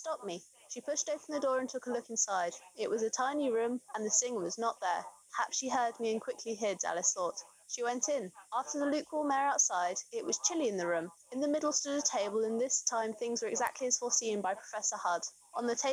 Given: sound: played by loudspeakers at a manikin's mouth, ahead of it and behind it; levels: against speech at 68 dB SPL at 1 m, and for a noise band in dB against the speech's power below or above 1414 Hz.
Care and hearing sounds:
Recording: test signals for a remote microphone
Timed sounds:
0.00-15.93 s: woman speaking, babble ahead at +6 dB SNR for speech at 1 m
From the record:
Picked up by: remote microphone B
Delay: 24 ms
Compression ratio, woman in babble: 1.71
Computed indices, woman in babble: HASPI 0.957, HASQI 0.352 (non-linear 0.409, linear 0.859), ESTOI 0.804

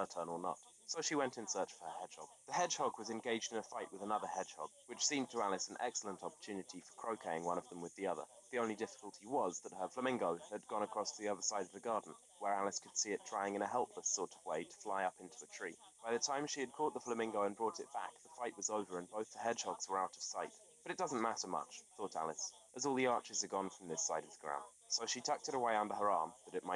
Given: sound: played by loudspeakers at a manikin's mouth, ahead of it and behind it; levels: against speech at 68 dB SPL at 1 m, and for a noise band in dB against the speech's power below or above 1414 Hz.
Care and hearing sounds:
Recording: test signals for a remote microphone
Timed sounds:
0.00-26.76 s: man speaking, babble ahead at +6 dB SNR for speech at 1 m
From the record:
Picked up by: remote microphone D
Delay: 24 ms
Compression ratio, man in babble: 1.14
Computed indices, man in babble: HASPI 0.996, HASQI 0.277 (non-linear 0.318, linear 0.872), ESTOI 0.748

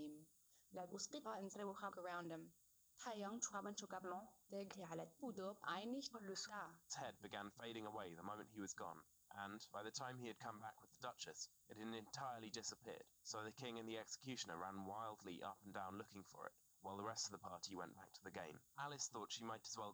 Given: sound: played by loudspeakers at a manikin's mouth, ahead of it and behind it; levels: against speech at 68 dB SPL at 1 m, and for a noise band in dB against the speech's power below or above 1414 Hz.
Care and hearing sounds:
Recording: test signals for a remote microphone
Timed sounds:
0.00-6.90 s: speech test signal (ISTS)
6.90-19.94 s: man speaking
From the record:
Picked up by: remote receiver E, fed by microphone B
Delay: 43 ms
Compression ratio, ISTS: 2.13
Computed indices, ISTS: SII 0.995, HASPI 0.992, HASQI 0.396 (non-linear 0.450, linear 0.880), ESTOI 0.808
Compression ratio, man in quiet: 2.77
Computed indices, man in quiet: SII 0.989, HASPI 1.000, HASQI 0.404 (non-linear 0.458, linear 0.882), ESTOI 0.745

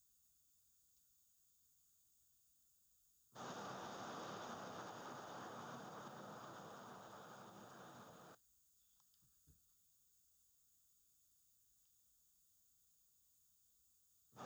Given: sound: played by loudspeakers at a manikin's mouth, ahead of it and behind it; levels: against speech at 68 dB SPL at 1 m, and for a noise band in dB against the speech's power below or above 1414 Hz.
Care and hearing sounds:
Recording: test signals for a remote microphone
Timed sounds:
3.34-8.34 s: speech-spectrum noise from the mouth, facing ahead
14.34-14.46 s: speech-spectrum noise from the mouth, turned 45 degrees right
From the record:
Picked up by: remote receiver E, fed by microphone B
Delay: 43 ms

